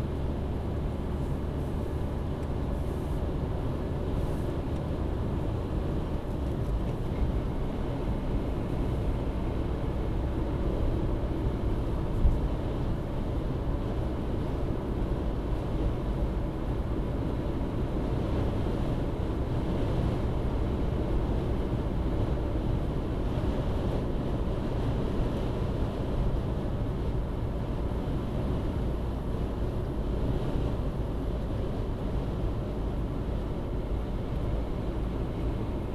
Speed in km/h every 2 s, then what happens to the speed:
77, 80, 82, 82, 85, 86, 85, 85, 85, 85, 85, 85, 79, 79, 75, 74, 73, 73.
0-8 speeds up to 85. 8-21 steady at about 85. 21-29 slows to 74. 29-36 steady at about 73.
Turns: none.